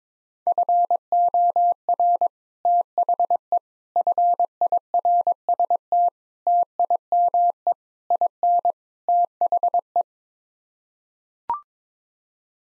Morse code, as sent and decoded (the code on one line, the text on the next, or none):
..-. --- .-. / - .... . / ..-. .. .-. ... - / - .. -- . / .. -. / - .... .
FOR THE FIRST TIME IN THE